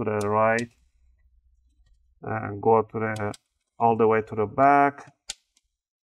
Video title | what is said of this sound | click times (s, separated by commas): Acer Aspire 3 N19c1 laptop Ram Upgrade guide | make sure you hear those clicks that's the clips are getting loose | 5.3 s, 5.6 s